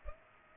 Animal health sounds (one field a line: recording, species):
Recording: mosquito wingbeat signal from an infrared sensor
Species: Culex pipiens